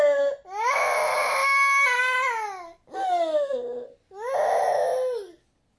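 Four wailing infant cry bursts over about six seconds, each high-pitched and tonal, with a bending, falling pitch and brief catches of breath between them.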